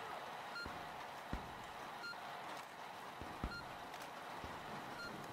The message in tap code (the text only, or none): none